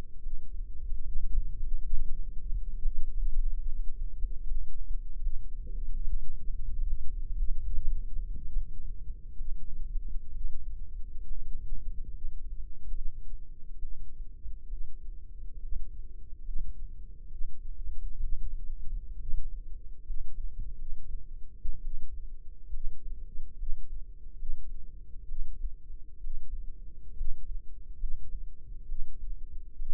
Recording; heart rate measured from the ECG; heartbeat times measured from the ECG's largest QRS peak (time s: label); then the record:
heart sounds by microphone in the left ear; 69 bpm
0.19 s: heartbeat
1.00 s: heartbeat
1.58 s: heartbeat
2.79 s: heartbeat
3.62 s: heartbeat
4.43 s: heartbeat
5.19 s: heartbeat
5.98 s: heartbeat
6.83 s: heartbeat
7.70 s: heartbeat
8.49 s: heartbeat
9.35 s: heartbeat
10.31 s: heartbeat
11.25 s: heartbeat
12.10 s: heartbeat
12.92 s: heartbeat
13.78 s: heartbeat
14.67 s: heartbeat
15.58 s: heartbeat
16.41 s: heartbeat
17.27 s: heartbeat
18.19 s: heartbeat
19.16 s: heartbeat
20.02 s: heartbeat
20.74 s: heartbeat
21.80 s: heartbeat
22.69 s: heartbeat
23.55 s: heartbeat
24.35 s: heartbeat
25.24 s: heartbeat
26.19 s: heartbeat
27.13 s: heartbeat
27.96 s: heartbeat
28.84 s: heartbeat
29.75 s: heartbeat
From the record:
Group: healthy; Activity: rest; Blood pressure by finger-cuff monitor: 142/84 mmHg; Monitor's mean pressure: 101 mmHg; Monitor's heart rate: 70 bpm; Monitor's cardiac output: 6.1 L/min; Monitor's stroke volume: 88 mL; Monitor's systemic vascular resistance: 1160 dyn s/cm5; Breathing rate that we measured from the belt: 16 breaths a minute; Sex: female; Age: 22 years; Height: 171 cm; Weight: 65.6 kg